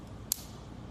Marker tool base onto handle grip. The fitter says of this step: in place, you can twist until it clicks in place.